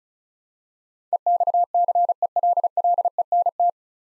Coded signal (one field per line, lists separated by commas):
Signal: Morse code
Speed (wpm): 34 wpm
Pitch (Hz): 700 Hz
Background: none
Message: EXCELLENT